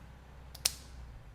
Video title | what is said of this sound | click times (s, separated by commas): The Perfect Bushing!?! 🤔 #vwparts | So wild. if you hear that, snap in. | 0.6 s, 0.7 s